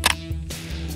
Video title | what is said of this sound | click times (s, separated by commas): CT3 Full Product Overview | when we release the hood we hear a click | 0.1 s